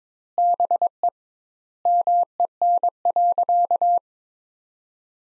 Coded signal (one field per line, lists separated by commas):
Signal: Morse code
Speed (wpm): 22 wpm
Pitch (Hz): 700 Hz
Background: none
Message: BE MEN.